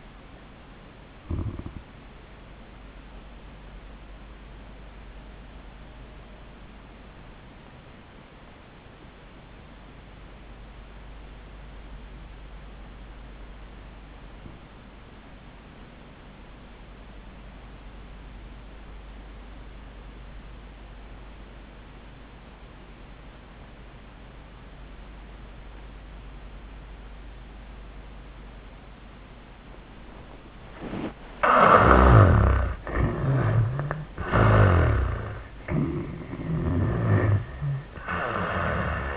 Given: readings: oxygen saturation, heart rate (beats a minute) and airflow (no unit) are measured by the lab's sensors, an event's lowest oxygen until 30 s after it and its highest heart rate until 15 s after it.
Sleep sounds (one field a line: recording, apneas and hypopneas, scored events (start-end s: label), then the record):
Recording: breathing in sleep by a voice recorder at the bedside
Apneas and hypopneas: 1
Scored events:
3.00-32.50 s: obstructive apnea (N1, oxygen 93% highest, then 68% lowest, heart rate 89 at the start, 91 highest)
From the record:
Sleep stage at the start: N1 (lightest sleep)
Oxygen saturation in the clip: 67 to 93%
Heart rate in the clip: 70 to 91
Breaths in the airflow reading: 3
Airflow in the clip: -24.6 to 9.1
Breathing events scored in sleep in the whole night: 400 in 8.7 hours asleep